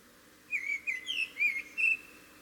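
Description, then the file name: Eurasian blackbird singing a flowing phrase of five mellow warbled whistles, each note following closely on the last. "Turdus merula"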